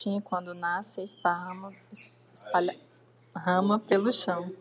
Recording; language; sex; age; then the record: short text; Brazilian Portuguese; female; 30 to 39 years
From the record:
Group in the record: control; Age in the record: 35 years